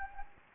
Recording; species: mosquito wingbeat signal from an infrared sensor; Anopheles gambiae